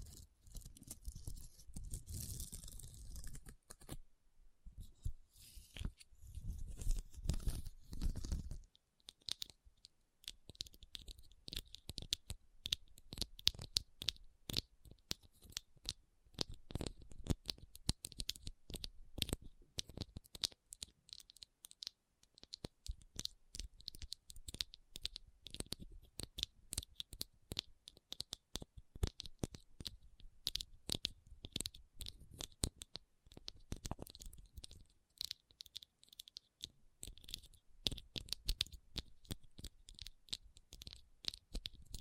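Tapping and scratching on rhinestones. The opening seconds carry a few heavier, fuller rubbing bursts with a brief pause near four seconds. After about nine seconds it settles into a dense, rapid patter of bright, crisp taps and scrapes that runs unbroken to the end.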